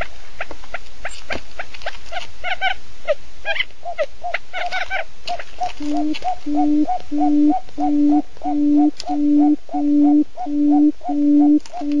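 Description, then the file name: Owl calls over steady background hiss: scattered chattering notes give way to a regular series of low, flat, hollow hoots, about one and a half per second. "tieng cut rung keu"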